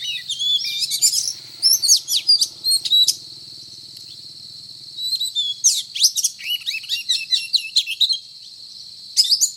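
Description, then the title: Oriental magpie-robin giving quick sweeping whistles and chattering notes in short bursts, a pause midway, with a faint low hum early on and a steady high hiss. Title describes the bird as singing 'gacor', meaning actively and persistently. "Kacer Gacor"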